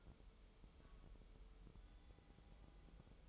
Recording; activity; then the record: daily activity, microphone in the room; take from stove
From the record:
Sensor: 1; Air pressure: 988.3 hPa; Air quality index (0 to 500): 202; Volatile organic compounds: 1000 ppm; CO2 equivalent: 5420 ppm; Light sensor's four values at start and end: 26/97/37/39 and 26/97/37/39